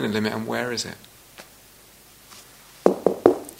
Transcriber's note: knocks on something